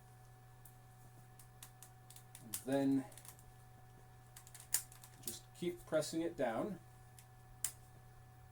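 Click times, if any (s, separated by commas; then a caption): 7.7 s. A plastic body piece is pressed down into a toy figure's housing while a button is held in so it doesn't catch, with soft light clicks and taps as someone talks. A sharp snap at 7.7 s marks the tabs snapping into place, and the housing is seated.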